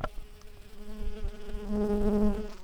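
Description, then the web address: Common carder bee buzzing: a steady, low droning hum with rich overtones, swelling louder over the last second, with some faint knocks and rustles. Worker bees. "Pascuorum workers"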